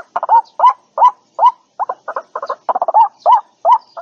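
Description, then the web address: White-breasted waterhen: clear upward-bending croaks alternate with a short burst of rapid stuttered notes, then the rising croaks resume. Lure call used for attracting and trapping birds. "tieng quoc keu moi chuan goi bay"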